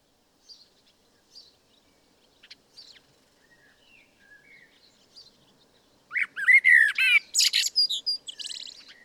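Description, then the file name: Common blackbird: quiet scattered notes for several seconds, then a burst into a loud warbled phrase with a squeaky, chattering high finish. "Turdus merula"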